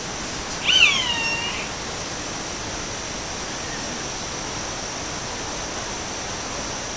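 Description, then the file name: Roadside hawk calling once with a brief, nasal, downward-sliding scream near the start, followed by several seconds of steady background hiss. Recorded in Uruguay on 17 April 2013. "Rupornis-magnirostris-Lag Diario-UY-17-4-13-ASilveira"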